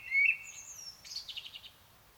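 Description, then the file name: Common blackbird giving a brief fluted note, then a thin, high, scratchy twittering trill that fades. "Turdus merula"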